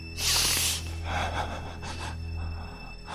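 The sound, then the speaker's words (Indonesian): A sharp, loud gasping inhale opens, followed by several softer, airy breaths in and out at an uneven rhythm over a low steady hum, as a driver tries to steady their breathing in a car stopped at the side of a road. “Aku coba mengatur nafas dan menarik nafasku.”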